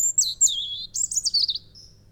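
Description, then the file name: European robin song: a loud, fast phrase of high sweeping whistles and jumbled twittering notes, ending in a thin held tone. "Erithacus rubecula"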